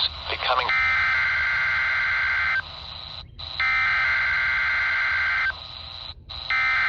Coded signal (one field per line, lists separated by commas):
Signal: Emergency Alert System (SAME) tones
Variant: header bursts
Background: speech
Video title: (EAS "#615") Required Weekly Test from (wireless) WWF60 (Buck Mtn., NC) - 1/22/2025